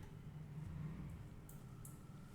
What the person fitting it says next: There you go, I can feel the click.